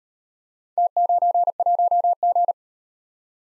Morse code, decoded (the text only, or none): T91G